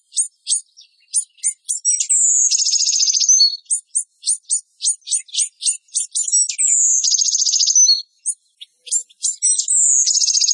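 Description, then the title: Bird song, energetic and high-pitched, with rapid repeated chips alternating with long shrill rattling trills. Masteran tutor song of a bird singing gacor (energetically) in tembakan style, Indonesia. "Masteran Burung Tembakan Gacor"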